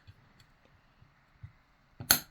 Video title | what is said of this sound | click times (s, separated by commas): G3 SG1 Airsoft DMR build part 1 | that one clicked in nice too I like it I like it I like it | 2.1 s